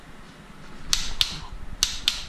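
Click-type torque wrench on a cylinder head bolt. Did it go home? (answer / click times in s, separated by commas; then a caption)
yes / 0.9 s, 1.2 s, 1.8 s, 2.1 s. A click-type torque wrench is pulled to its setting while re-torquing a cylinder head bolt on a Datsun L-Series engine, going for two clicks each time to make sure. Two pairs of sharp metallic clicks ring out at 0.9 s and 1.2 s, then at 1.8 s and 2.1 s, over a low background hum. The wrench clicks at its setting, confirming the bolt is torqued.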